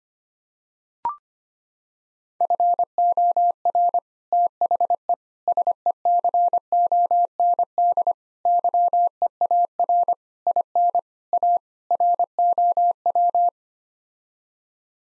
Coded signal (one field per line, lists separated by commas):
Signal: Morse code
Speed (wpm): 25 wpm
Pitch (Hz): 700 Hz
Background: none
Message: FOR THE SECOND YEAR IN A ROW